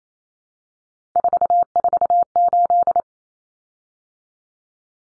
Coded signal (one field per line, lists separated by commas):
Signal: Morse code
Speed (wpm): 28 wpm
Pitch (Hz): 700 Hz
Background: none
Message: 448